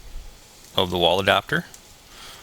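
The interchangeable plastic plug piece of the charger is handled against the wall adapter housing it snaps into, where a tab will lock it in, while someone talks. Nothing has seated or clicked yet.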